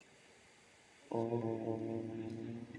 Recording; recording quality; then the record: sustained vowel as in boot; excellent, no background noise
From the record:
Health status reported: recovered from COVID-19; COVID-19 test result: negative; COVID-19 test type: rapid antigen test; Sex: male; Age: 21 years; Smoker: no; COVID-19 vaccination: both doses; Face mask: worn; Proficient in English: yes